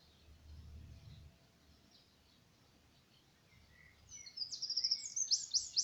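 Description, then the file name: Eurasian wren song: after several quiet seconds with low rumble, a high, quick trill of bright repeated notes rises in loudness over the last second and a half. "Troglodytes troglodytes"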